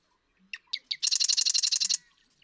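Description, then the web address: Marsh Wren song: three sharp introductory ticks, then a fast, buzzy, rattling trill of about a dozen notes lasting about a second. "birdsongforthecurious Marsh Wren"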